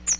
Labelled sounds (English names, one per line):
Chestnut-sided Warbler flight call